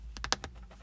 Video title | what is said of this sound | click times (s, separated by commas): How to Crochet Pies | we go that was a satisfying click | 0.3 s